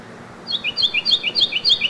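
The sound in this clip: Carolina wren song: a rapid series of repeated three-note whistled phrases.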